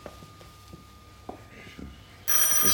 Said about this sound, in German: Das Telefon.